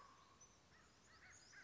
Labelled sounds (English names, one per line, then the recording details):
American Crow
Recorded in Sonoma County, California